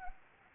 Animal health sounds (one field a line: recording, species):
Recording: mosquito wingbeat signal from an infrared sensor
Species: Anopheles arabiensis